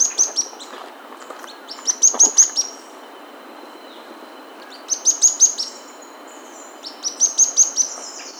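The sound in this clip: Bird uttering short bursts of rapid, high-pitched chirps, returning every two to three seconds.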